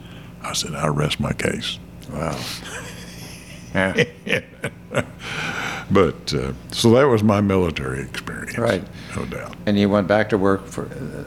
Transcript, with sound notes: I said, "I rest my case." Yeah. (Laughing) But so that was my military experience.
No doubt. And you went back to work for…?